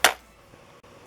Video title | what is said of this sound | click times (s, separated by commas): FOX AIRSOFT UNBOXING! - NEW GUN! - WHAT H&K DID I GET ;)?!?! | Yeah, there we go. Okay, locked into place. | 0.0 s